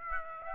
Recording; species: mosquito wingbeat signal from an infrared sensor; Aedes aegypti